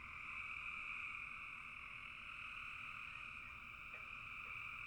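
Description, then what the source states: Frogs chorusing, an unbroken high buzzing wall of overlapping calls, even in level from start to finish. Frogs calling in a bog.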